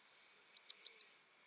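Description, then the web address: Bird call: a single rapid string of four high, sharp, downward-slurred chirps, evenly spaced, against a quiet background. "cianscape birddata Deverinetal 2025 Bird Only"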